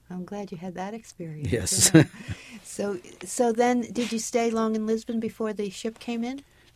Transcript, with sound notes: Wow, I'm glad you had that experience.
Yes. (Laughs)
So then did you stay long in Lisbon before the ship came in?